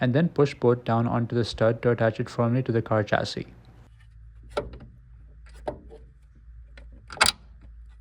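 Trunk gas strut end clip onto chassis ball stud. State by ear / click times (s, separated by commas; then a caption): seated / 7.2 s. Someone talks, then the end clip of a trunk gas strut on a 1992–2000 first-generation Lexus SC 300 / SC 400 / Soarer is lined up with the hole and pushed down onto the ball stud on the car chassis. A few soft handling knocks follow at about 4.6 and 5.7 seconds. A sharp, loud snap at 7.2 seconds marks the strut end seating securely on the stud.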